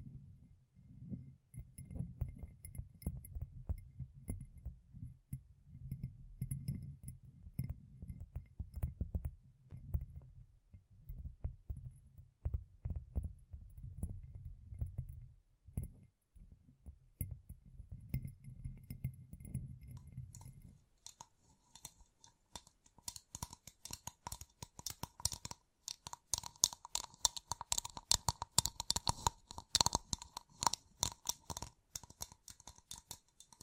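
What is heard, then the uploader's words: Gem-covered fingertips tap and scratch. For the first twenty seconds the taps are soft, dull and low, coming in quick, uneven bursts. After that the sound turns bright and crisp, with dense scratching and clicking that grows busier toward the end. ASMR Gem Covered Fingertips Tapping and Scratching (No Talking).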